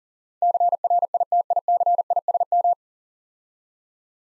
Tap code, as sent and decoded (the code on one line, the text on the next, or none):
none